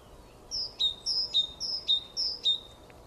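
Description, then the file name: Great tit giving four even, whistled pairs of notes, each high then lower, at a steady brisk pace. "Parus major"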